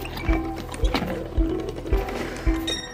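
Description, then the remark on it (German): Horses munching washed carrots given as their evening treat on a Friday evening, with a steady series of crisp, crunching bites roughly twice a second over a low, constant background hum. “Genüsslich werden sie jetzt die Mohrrüben fressen.”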